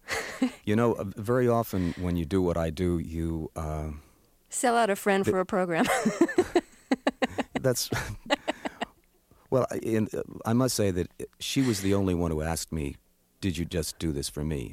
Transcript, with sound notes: You know, very often, when you do what I do, you...
Sell out a friend for a program (laughter).
That's - well, I must say that she was the only one who asked me, did you just do this for me?